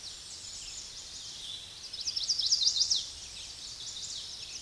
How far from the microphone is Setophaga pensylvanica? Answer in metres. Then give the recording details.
about 15 m. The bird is about 10 m above the microphone. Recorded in a Pennsylvania forest on 16 May 2024 at 06:28. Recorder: AudioMoth, point MSD-0263. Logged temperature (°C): 16.0 °C. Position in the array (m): 97 m, 199 m